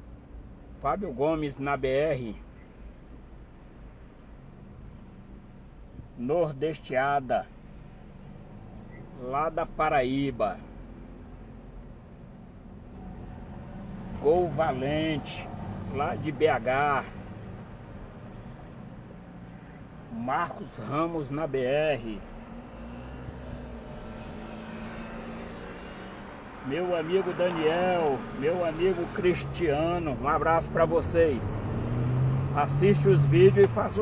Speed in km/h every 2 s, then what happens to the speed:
0, 0, 0, 0, 0, 4, 7, 7, 6, 0, 0, 7, 4, 0, 13, 32, 34.
0-9 standing. 9-12 pulls away to 7. 12-17 steady at about 7. 17-20 standing. 20-22 pulls away to 7. 22-25 slows to 0. 25-27 standing. 27-34 pulls away to 34.